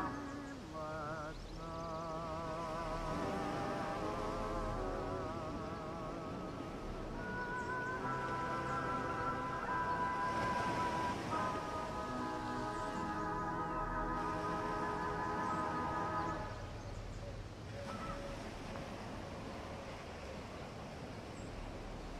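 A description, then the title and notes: Ocean waves wash steadily underneath as seagulls cry in long, wavering calls for most of the first seventeen seconds, leaving surf alone afterward. Ocean waves w/ birds, seagulls.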